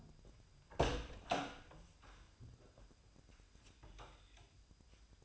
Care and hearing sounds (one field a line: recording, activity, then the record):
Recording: daily activity, microphone in the room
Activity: open door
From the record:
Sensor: 2